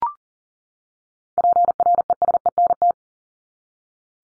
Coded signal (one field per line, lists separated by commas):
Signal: Morse code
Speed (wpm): 40 wpm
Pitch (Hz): 700 Hz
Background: none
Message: PRESENT